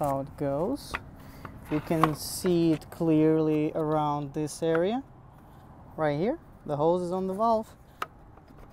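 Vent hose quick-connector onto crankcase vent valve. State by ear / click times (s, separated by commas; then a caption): seated / 8.0 s. A plastic vent hose quick-connector is pushed onto the crankcase vent valve of an E53 BMW X5 with the M54 engine during a crankcase vent valve (CCV/PCV) kit replacement. Someone talks for most of the clip, then a single sharp click at 8.0 s marks the connector seating on the valve, followed by faint small ticks. The connector is seated and stays on when pull-tested.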